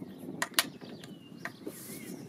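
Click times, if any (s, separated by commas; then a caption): 0.4 s, 0.6 s. A manual torque wrench set to 150 Nm finishes tightening a car wheel nut that was pre-tightened with an impact wrench. It gives two sharp clicks at 0.4 s and 0.6 s, which mean the set torque has been reached. Fainter ticks and a low background rumble follow.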